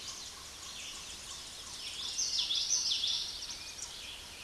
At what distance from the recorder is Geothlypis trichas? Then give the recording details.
about 5 m. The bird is about level with the microphone. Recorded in a Pennsylvania forest on 16 May 2024 at 06:00. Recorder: AudioMoth, point MSD-1295. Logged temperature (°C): 13.7 °C. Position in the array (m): 197 m, 82 m